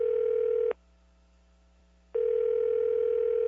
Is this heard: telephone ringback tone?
yes